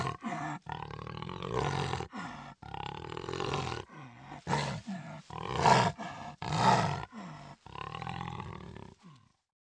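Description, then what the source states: Jaguars growling and snarling in rough, rasping bursts, roughly one per second, with some louder roars breaking through. Two jaguars, angry.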